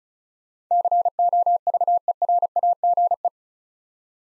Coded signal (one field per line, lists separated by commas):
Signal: Morse code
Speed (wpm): 36 wpm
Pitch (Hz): 700 Hz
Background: none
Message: COVERAGE